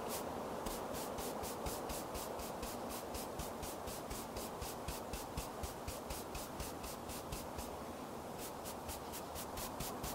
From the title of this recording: Doing Your Makeup Outside on a Sunny Day